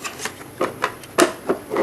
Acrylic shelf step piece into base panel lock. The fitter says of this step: ก็ดันได้ล็อคด้านล่างเข้าไปนะครับใส่